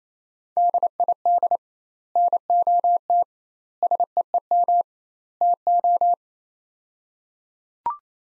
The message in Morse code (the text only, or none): DID NOT SEEM TO